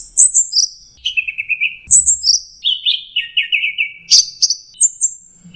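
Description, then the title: Bird song of clear whistled phrases, each a run of fast chirps sliding down in pitch from high notes to lower trilled ones, with brief pauses between phrases. "SuaraBurung Kicau4"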